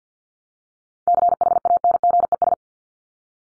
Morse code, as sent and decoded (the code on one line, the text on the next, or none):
-.-. .... .- -. --. . ...
CHANGES